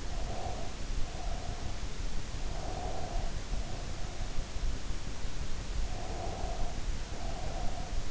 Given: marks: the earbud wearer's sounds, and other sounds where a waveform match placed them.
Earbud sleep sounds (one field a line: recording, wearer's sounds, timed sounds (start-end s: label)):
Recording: sounds in sleep by an in-ear microphone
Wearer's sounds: breath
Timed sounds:
0.05-1.81 s: breath
2.55-4.57 s: breath
5.87-8.11 s: breath